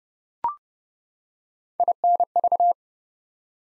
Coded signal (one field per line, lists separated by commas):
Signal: Morse code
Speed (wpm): 30 wpm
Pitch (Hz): 700 Hz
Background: none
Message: INV